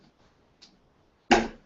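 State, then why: Seated. A sterilized crown cap on the neck of a glass bottle is pressed down with a hand capping tool. After a quiet lead-in with a faint tick near 0.6 s, the cap snaps sharply into place at 1.3 s and the sound rings briefly before fading. The cap is seated and crimped on, it sounds good, and the bottle did not break.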